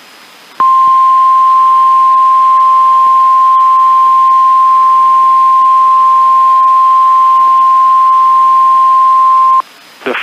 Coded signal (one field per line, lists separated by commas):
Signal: Emergency Alert System (SAME) tones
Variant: 1050 Hz attention tone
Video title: EAS Alerts from the week of 11/21/2020 EAS#34 37